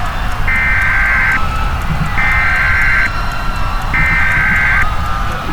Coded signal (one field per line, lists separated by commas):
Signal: Emergency Alert System (SAME) tones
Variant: header bursts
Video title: EAS Simulation: The Oort Cloud Reckoning – Earth’s Final Broadcast